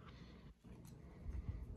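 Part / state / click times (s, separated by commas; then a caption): folding bicycle pedal body locking into its spindle mount / not seated / none. A KOOTU aluminum folding bike pedal body is handled as it is flipped back down toward its riding position on its spindle mount, where the folding mechanism locks. Low rustling and handling noise build toward the end, with a brief faint tick near 0.9 s. Nothing has snapped or locked into place yet.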